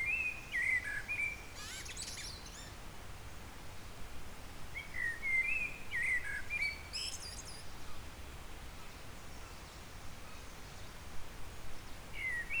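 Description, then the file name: Eurasian blackbird song phrases, each a melodious warble followed by a shrill, scratchy high twitter, over steady ambient noise; a further phrase begins at the very end. "Turdus merula"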